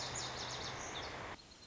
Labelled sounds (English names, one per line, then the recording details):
Lazuli Bunting
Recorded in Sonoma County, California